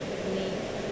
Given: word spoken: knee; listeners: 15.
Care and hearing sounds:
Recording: one English word in noise, from a listening test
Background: speech-shaped noise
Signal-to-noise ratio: -4.2 dB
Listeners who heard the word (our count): 2 of 15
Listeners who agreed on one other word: 8 of 15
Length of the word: 0.52 s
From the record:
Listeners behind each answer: 8, 2, 1, 1, 1, 1, 1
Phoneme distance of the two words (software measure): 7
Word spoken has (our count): 1 syllable, 2 phonemes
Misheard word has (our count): 1 syllable, 3 phonemes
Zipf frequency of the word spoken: 4.26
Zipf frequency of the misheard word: 6.07

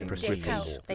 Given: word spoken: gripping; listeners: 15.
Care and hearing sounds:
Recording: one English word in noise, from a listening test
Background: four-talker babble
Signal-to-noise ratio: -1.8 dB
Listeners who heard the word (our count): 0 of 15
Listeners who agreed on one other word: 6 of 15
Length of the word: 0.55 s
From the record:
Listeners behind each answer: 6, 2, 1, 1, 1, 1, 1, 1, 1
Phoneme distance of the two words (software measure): 50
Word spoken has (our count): 2 syllables, 6 phonemes, stress on syllable 1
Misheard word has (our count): 2 syllables, 6 phonemes, stress on syllable 2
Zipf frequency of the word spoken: 3.33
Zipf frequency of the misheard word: 3.86

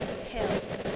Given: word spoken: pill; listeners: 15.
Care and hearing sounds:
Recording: one English word in noise, from a listening test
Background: noise modulated by three-talker babble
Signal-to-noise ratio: -5.6 dB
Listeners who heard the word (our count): 1 of 15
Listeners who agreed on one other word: 13 of 15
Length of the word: 0.56 s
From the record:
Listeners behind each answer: 13, 1, 1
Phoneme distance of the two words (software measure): 10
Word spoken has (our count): 1 syllable, 3 phonemes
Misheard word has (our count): 1 syllable, 3 phonemes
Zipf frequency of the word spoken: 3.81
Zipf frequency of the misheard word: 4.71

